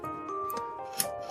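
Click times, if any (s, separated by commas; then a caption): 1.0 s. A keyed quick-release shoe (mounting plate) is pushed and slid into a tripod head clamp, with music playing in the background. A sharp click at 1.0 s marks the shoe locking in place, held by a release button.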